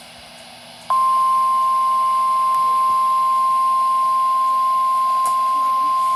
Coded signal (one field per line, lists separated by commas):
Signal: Emergency Alert System (SAME) tones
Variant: 1050 Hz attention tone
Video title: Severe Thunderstorm Warning #4 (EAS #9) (6/11/2023)